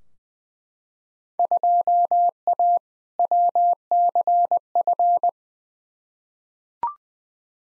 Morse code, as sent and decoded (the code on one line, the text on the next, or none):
..--- .- / .-- -.-. ..-.
2A WCF